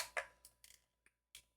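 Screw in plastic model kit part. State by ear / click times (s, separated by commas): stripped / 0.2 s, 0.5 s, 0.6 s, 1.1 s, 1.4 s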